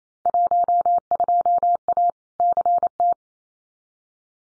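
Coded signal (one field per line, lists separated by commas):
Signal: Morse code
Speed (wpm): 28 wpm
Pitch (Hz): 700 Hz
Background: none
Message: 12A CT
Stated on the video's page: Field Day exchange head-copy drill at 28wpm with equally probable exchanges, each sent in Morse, spoken, then sent again.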